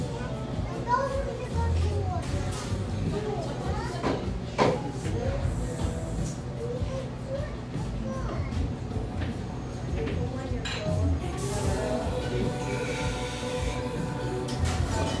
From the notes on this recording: Tucked near the lush, wooded Laurelhurst Park in east Portland, this café sports vibrant music and an erudite, professional clientele.